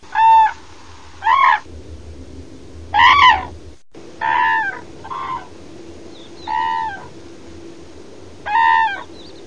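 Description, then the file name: Crane trumpeting: seven loud, rich, harmonic calls at irregular intervals over a low steady hum. "GRUDANI 1"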